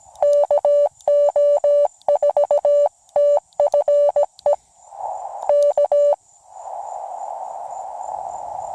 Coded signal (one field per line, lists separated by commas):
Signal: Morse code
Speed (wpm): 17 wpm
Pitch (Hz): 580 Hz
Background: music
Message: KO4TFE K